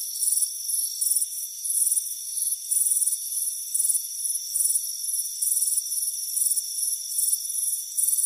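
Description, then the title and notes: Rapid, piercing cricket chirps sound in irregular clusters, backed by a constant high insect tone. Crickets chirping on a warm afternoon at a front porch. "Soothing Crickets Chirping Sound. It's a warm afternoon as you relax in a hammock on the front porch. Relax and fall asleep to the soothing sound of chirping crickets. Deep Sleep Sounds"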